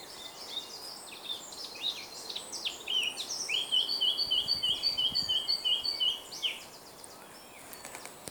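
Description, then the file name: Eurasian blackcap song: a busy chattering opening followed by a loud run of repeated, clear fluted whistles for about three seconds, then only background hiss. "Sylvia atricapilla"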